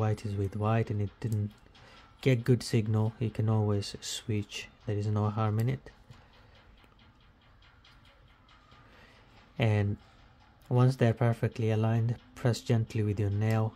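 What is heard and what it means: Someone talks while the small antenna coax connector is lined up over its socket on an M.2 WiFi/Bluetooth card in a Dell OptiPlex Micro 3000, 5000, 7000, 7010 or 7010 Plus, to be pressed home with a fingernail. In the quiet gap between speech, faint small ticks come at about 7.0, 7.6 and 7.9 seconds. The connector has not yet been pressed on or clicked into place.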